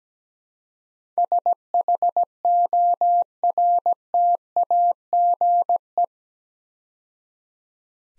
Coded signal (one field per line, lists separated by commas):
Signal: Morse code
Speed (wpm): 17 wpm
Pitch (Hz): 700 Hz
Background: none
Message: SHORTAGE